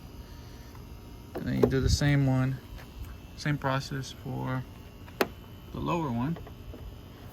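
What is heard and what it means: The lower end socket of a trunk lift support strut on a 1994–2004 Mustang is pushed onto its ball stud on the car body while someone talks. A single sharp snap at 5.2 s marks the socket locking in place, and the strut is seated.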